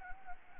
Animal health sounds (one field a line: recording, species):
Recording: mosquito wingbeat signal from an infrared sensor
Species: Anopheles gambiae